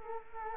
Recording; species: mosquito wingbeat signal from an infrared sensor; Culex quinquefasciatus